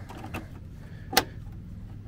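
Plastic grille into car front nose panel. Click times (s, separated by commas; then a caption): 0.4 s, 1.2 s. A plastic grille with outward-bent retaining brackets is pressed into a car's front nose panel, with the brackets clicking into place at 0.4 s and 1.2 s. The first click is a softer snap, and the second is a sharp, bright crack. The grille seats in the nose panel.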